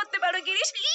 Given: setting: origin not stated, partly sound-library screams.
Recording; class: one-second piece from a danger detection set; woman in danger